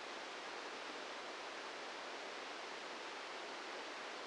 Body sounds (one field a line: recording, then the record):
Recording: brain microelectrode recording played as sound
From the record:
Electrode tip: outside the subthalamic nucleus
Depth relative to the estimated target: 0 mm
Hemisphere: left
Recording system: NeuroSet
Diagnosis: Parkinson's disease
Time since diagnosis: 8 years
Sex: male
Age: 58 years